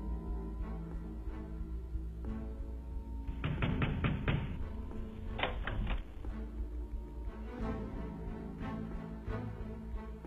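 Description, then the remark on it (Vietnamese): A frightened man pounds hard on a door that will not open, in two rapid bursts, about five heavy thuds followed by three more, over a low steady background hum. “Mặc kệ cho gã lần này đã sợ đến nỗi đập cửa rầm rầm mà không được.”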